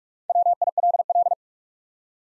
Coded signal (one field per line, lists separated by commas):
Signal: Morse code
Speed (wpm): 44 wpm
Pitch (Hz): 700 Hz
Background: none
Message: WILL